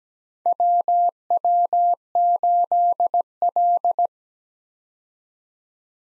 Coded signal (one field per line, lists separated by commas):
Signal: Morse code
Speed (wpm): 17 wpm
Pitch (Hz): 700 Hz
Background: none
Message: WW8L